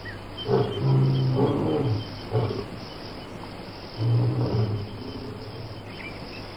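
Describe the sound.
Lion making low, throaty grunts in two short clusters, separated by a pause, over a hissing background.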